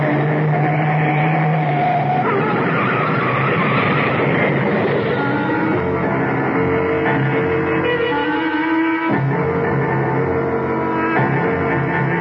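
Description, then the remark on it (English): A car swerves off the road to avoid a truck and skids in a loud, continuous burst of roaring engine noise and harsh screeching tones that shift in pitch, with no voices over it. “look out! That truck! Turn the wheel! Go off the road!”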